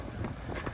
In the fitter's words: so it locks into place. It will feel like you're going to break it, but that is now locked up.